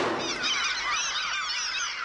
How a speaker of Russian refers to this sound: Чайки кружат в небе.